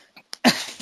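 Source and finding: Adult. Cough.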